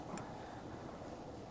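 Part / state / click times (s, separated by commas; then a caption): removable arm and pin of a tow base plate on a vehicle / not seated / none. On a Roadmaster Direct-Connect tow base plate installed on a 2016 Chevrolet Suburban, a removable arm is lined up and its pins are taken up to pass through the base plate. Only a steady broadband rush with low rumble is heard, while someone talks. Nothing has seated or clicked yet.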